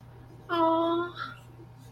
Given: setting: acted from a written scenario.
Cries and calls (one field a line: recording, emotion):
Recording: vocal sound without words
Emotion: sympathy